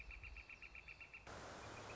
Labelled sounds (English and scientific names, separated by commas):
Northern Flicker (Colaptes auratus)